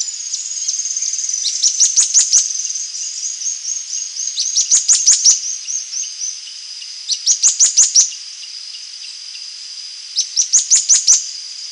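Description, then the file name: Bird calls, thin wavering high notes broken by four bursts of quick sharp chirps, roughly every three seconds, over a steady background tone. "SABIOD 50 bird 2015"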